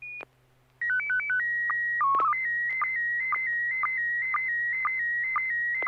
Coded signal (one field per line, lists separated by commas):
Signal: SSTV (slow-scan television)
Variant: PD 120